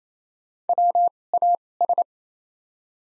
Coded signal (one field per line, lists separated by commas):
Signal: Morse code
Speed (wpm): 28 wpm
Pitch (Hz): 700 Hz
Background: none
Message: W A S